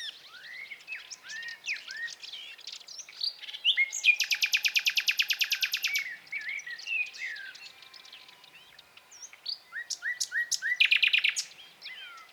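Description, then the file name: Common nightingale song mixing scattered rising whistles with two loud, rapid, buzzy rattles of repeated notes, with varied chirps between them. "Luscinia megarhynchos"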